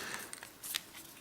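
The plastic back panel of an HTC One Max smartphone is lined up on its left edge and worked onto the body, pushed toward the center until its clips engage. A few small clicks sound at 0.3–0.4 s, then a sharp, bright snap at 0.8 s as the panel seats and snaps back on. No one talks in the clip.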